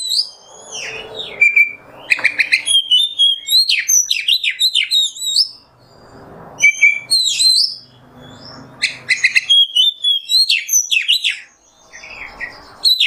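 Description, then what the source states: Oriental magpie-robin song of rapid, piercing whistles and chattering notes delivered in dense runs, separated by brief quieter pauses with soft background noise. Indonesian masteran (tutor recording for training kept birds), song in the 'nembak' style.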